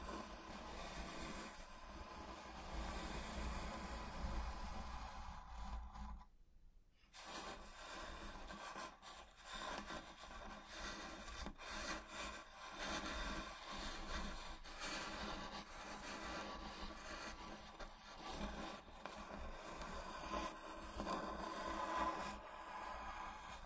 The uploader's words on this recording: Wooden Box Slow Scratching and Tracing (NO TALKING).